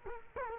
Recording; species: mosquito wingbeat signal from an infrared sensor; Culex quinquefasciatus